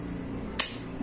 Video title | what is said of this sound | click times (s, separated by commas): CARA PASANG UPGRADE MEMORI RAM DUAL CHANNEL LENOVO IDEAPAD GAMING 3 | Bunyi klik menandakan bahwa alat tersebut terkunci secara otomatis, | 0.6 s